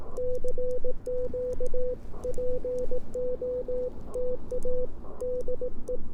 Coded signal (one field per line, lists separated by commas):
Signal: Morse code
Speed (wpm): 18 wpm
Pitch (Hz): 500 Hz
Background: radio noise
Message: CQPOTA DE